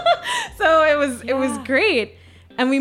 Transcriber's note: laughs